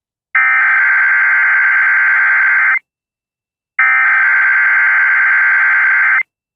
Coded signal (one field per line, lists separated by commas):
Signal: Emergency Alert System (SAME) tones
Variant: header bursts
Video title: IL KY And MO TOA EAS #605